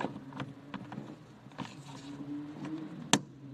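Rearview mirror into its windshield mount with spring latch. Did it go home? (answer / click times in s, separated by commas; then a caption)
yes / 3.1 s. A rearview mirror is pushed into its windshield mount, and the spring latch closes with a sharp, bright click at 3.1 seconds. Before that there are a few faint taps and rustles over a low steady hum, and someone talks. The mirror is seated in its holder.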